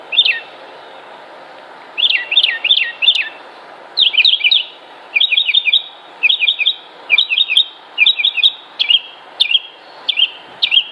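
Bird song of quick high warbled phrases, each a cluster of rising and falling notes, repeated roughly every second with short pauses between bursts, over a low steady hum.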